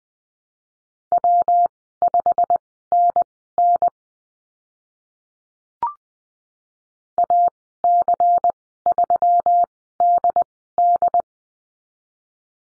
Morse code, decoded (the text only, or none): W5NN AC3DD